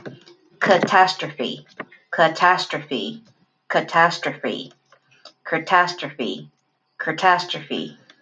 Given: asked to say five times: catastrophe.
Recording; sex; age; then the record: repeated word; female; 20 to 29 years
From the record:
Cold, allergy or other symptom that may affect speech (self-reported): no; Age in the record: 28 years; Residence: North Carolina, United States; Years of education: 8